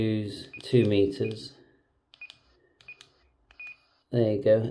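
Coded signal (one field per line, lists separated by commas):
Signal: none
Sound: radio key beeps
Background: speech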